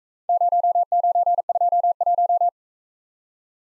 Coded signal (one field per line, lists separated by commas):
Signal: Morse code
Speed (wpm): 44 wpm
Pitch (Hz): 700 Hz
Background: none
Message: 0921